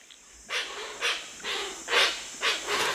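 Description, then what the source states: Hoatzin hissing calls: several harsh, breathy bursts repeated about every half second. Calls of a social group of hoatzins, which sound more like a troop of monkeys than a flock of birds.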